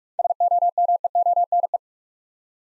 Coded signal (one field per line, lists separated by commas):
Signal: Morse code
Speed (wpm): 42 wpm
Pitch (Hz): 700 Hz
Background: none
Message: SOMEONE